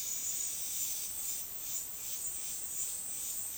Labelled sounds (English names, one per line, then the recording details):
none
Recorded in dense forest near Puerto Asís, Putumayo, Colombia, on 20 February 2024 at 11:00
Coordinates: 0.502, -76.326
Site G6460